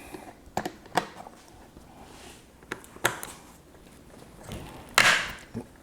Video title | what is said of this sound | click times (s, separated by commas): Key & Visor Power In One! - Installing E-LinQ on a Ski-Doo Gen 5 - A Must Have For Us! | It just snaps right into place, which is great. | 3.1 s, 5.0 s